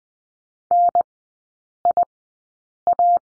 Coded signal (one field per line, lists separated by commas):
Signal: Morse code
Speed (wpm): 20 wpm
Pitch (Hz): 700 Hz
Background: none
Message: NIA